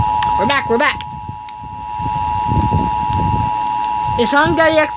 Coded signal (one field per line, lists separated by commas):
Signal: Emergency Alert System (SAME) tones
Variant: 853 and 960 Hz attention tone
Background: speech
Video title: Sonic.exe is back 4 FINAL!! Part 1 (EMERGENCY ALERT SYSTEM)